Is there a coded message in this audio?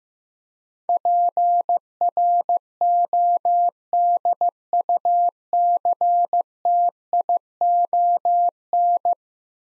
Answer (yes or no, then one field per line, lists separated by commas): yes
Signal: Morse code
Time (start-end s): 0.9-9.1 s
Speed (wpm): 15 wpm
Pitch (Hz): 700 Hz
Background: none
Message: PRODUCTION